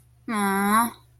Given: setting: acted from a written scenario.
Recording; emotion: vocal sound without words; disappointment